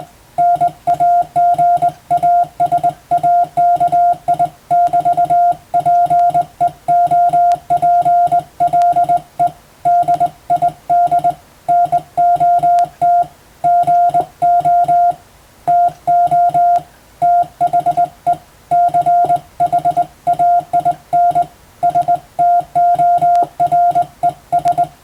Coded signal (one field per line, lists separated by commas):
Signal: Morse code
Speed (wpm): 20 wpm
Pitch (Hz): 700 Hz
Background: music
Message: NAGASAKI<BT>PEOPLE DID NOT GO TO THE CHAIN STORES